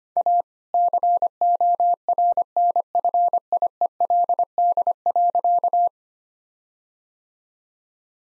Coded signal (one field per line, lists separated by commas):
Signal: Morse code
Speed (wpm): 25 wpm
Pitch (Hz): 700 Hz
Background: none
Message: A CORNFIELD.